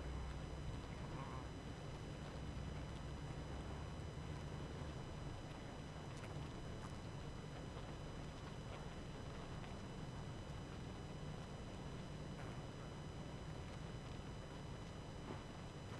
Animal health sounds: honeybee colony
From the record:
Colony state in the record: active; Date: 12 June 2018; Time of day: 21:54

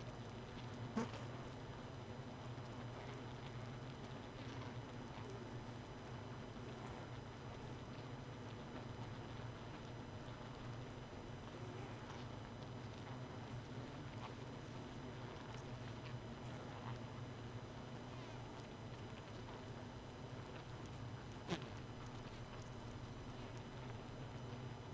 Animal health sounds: honeybee colony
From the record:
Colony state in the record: missing queen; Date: 31 May 2018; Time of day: 1:06

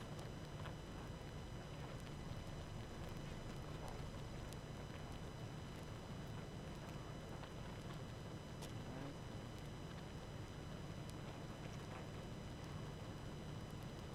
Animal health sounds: honeybee colony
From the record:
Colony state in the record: active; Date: 12 June 2018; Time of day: 20:55

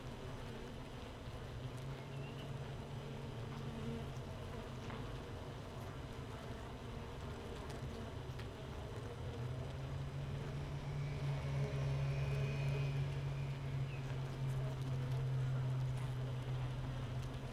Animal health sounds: honeybee colony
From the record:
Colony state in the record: missing queen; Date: 31 May 2018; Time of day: 15:10

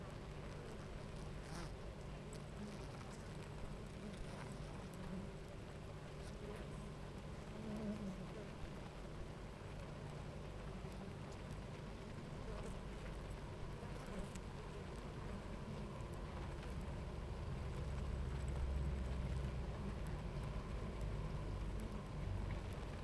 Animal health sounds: honeybee colony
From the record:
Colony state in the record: active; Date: 28 July 2017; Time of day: 10:10

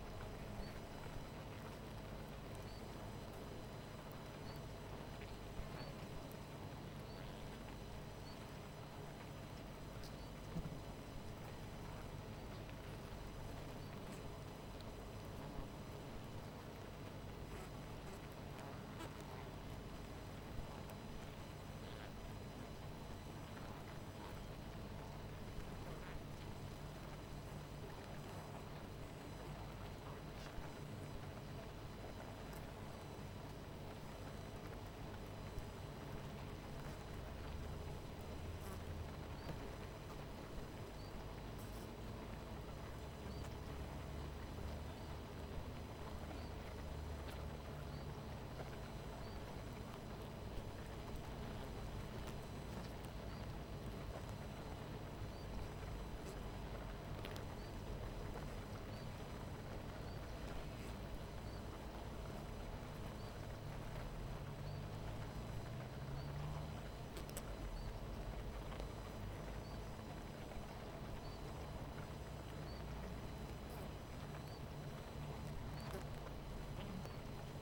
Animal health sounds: honeybee colony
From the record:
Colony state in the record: missing queen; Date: 14 July 2017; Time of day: 18:52

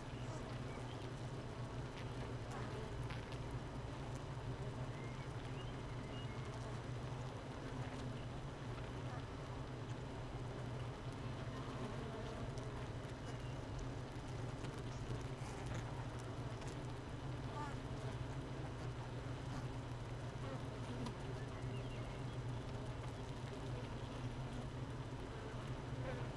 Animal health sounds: honeybee colony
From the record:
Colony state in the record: missing queen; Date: 31 May 2018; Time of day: 13:39

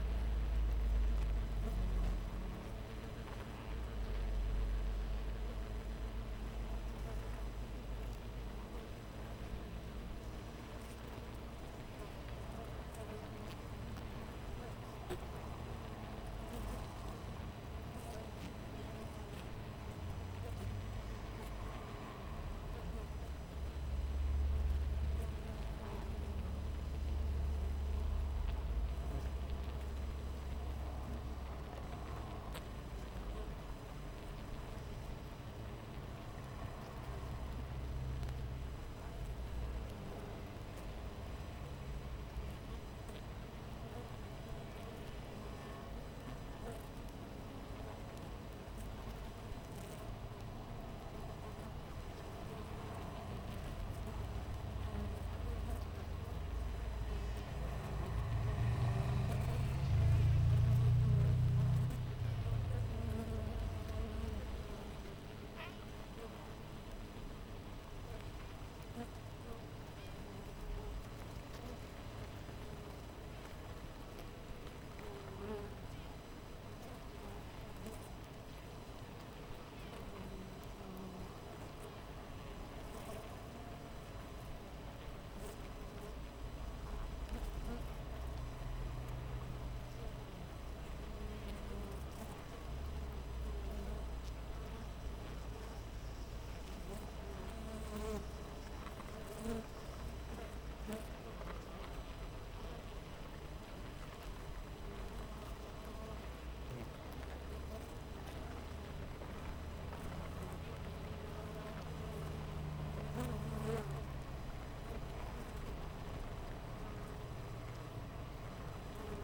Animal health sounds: honeybee colony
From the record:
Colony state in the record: missing queen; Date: 14 July 2017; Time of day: 6:25

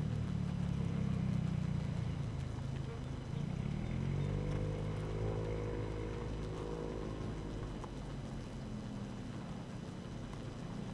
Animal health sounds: honeybee colony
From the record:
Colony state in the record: active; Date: 12 June 2018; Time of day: 6:52

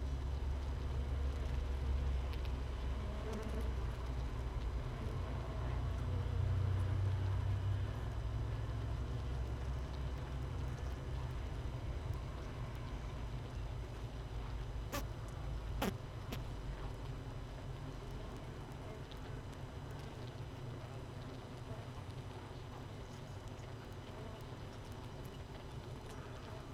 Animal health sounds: honeybee colony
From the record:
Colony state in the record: missing queen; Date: 31 May 2018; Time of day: 6:01

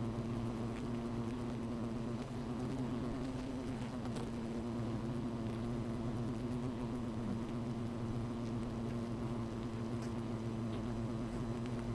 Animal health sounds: honeybee colony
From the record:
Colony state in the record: missing queen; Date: 14 July 2017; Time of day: 13:49

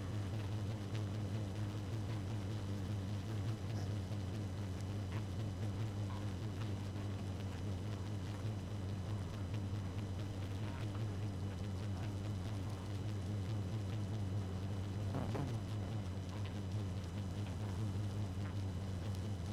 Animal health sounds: honeybee colony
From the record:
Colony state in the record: active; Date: 12 June 2018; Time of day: 0:48

